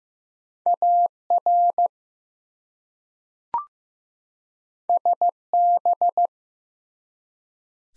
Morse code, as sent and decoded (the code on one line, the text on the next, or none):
.- .-. / ... -...
AR SB